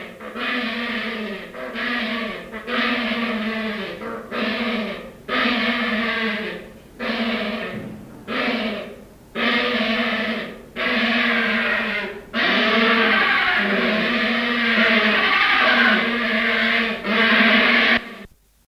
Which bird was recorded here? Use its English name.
Yellow-billed Stork